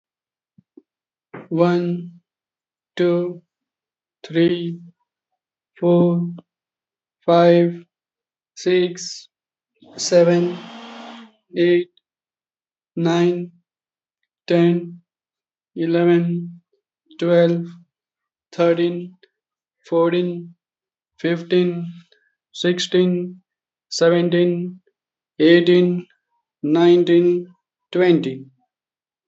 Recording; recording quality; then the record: counting at a normal pace; excellent, no background noise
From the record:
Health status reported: healthy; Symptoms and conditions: cough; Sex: male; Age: 30 years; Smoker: not ticked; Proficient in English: yes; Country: India